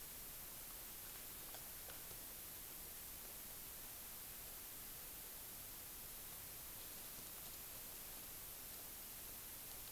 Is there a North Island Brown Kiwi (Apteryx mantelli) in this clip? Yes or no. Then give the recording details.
no. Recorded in New Zealand on 16 June 2014. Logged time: 03:08